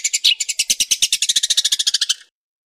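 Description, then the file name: Long-tailed shrike song: a fast, even run of harsh chattering notes, about ten per second, lasting two seconds before ending suddenly. Master song for training songbirds. "cendet-master -omkicau"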